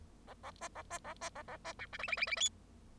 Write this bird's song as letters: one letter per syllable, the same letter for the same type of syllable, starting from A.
A A B A B A B A A B C D E E E E F